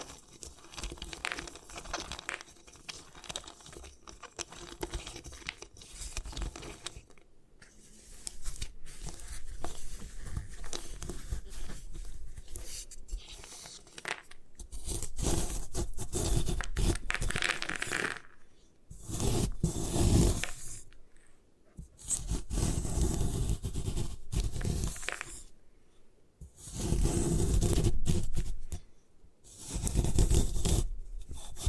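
Gym chalk being crushed and destroyed, with dense, gritty crunching and scraping that starts sparse and quieter, then grows louder after about 15 seconds. Later the sound comes in heavy bursts of grinding and crumbling separated by brief silences, near 20, 22, 25 and 29 seconds.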